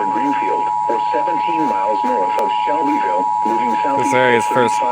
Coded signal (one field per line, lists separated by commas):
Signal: Emergency Alert System (SAME) tones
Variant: 853 and 960 Hz attention tone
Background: speech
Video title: A TOTALLY CALM MONDAY (EAS Alerts from June 13, 2022, EAS 920-973)